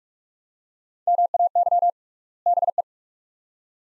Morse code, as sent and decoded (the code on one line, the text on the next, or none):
-- .- -.-- / -... .
MAY BE